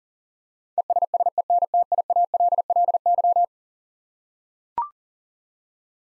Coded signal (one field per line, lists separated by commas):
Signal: Morse code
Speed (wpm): 40 wpm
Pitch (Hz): 700 Hz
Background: none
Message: ESSENTIALLY